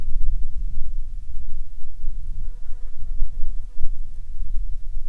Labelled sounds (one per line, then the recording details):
wind
insects
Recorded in the Arctic National Wildlife Refuge, Alaska, on 10 July 2019 at 18:16
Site 44